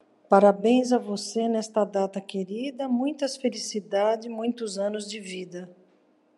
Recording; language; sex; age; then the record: short text; Brazilian Portuguese; female; 50 to 59 years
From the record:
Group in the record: control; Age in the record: 58 years